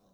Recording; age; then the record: pig call; piglet (1 to 25 days)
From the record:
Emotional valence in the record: positive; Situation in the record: short reunion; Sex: female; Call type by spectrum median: low-frequency call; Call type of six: low-frequency stable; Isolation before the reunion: 3 minutes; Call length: 0.14 s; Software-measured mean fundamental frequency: 59 Hz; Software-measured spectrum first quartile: 288 Hz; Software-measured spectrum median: 701 Hz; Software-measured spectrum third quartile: 3522 Hz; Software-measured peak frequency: 187 Hz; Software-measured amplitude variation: 44 dB a second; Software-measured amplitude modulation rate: 13.9 a second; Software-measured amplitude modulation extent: 3.2 dB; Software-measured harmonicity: 3.6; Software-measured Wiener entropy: -3.32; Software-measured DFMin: 759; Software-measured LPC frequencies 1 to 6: 556, 3869, 5523, 6511, 7582, 8501 Hz